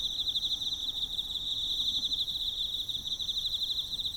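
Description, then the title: Emma field cricket singing a fast, even chain of high pulses that never breaks, with quieter insect hiss layered above. Recorded with a ZOOM F6 recorder and a Sennheiser MK microphone. "エンマコオロギ"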